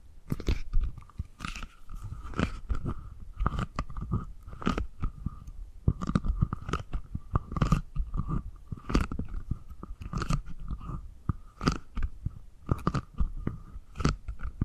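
Tapping and gripping sounds: sharp, crisp taps land in quick irregular clusters, roughly every second or so, with crunchy, chewing-like textures between them. A thin steady tone hums underneath throughout, and the rustling handling noise keeps the whole stretch busy.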